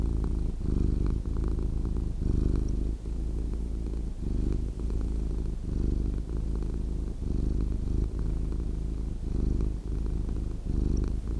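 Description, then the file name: Cat purr: a rough low drone broken into regular breath pulses, with short dips between. "Cat Purring Sound"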